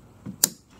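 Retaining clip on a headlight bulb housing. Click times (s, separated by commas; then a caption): 0.4 s. A retaining clip is pushed under the edge of a headlight housing after an LED headlight bulb has been twisted in. A soft low thump at 0.3 s is followed by a sharp, loud snap at 0.4 s as the clip seats into place.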